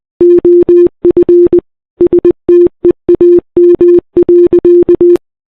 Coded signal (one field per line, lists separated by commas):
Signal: Morse code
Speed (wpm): 20 wpm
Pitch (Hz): 340 Hz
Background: none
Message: OF STEAM.